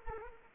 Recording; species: mosquito wingbeat signal from an infrared sensor; Anopheles arabiensis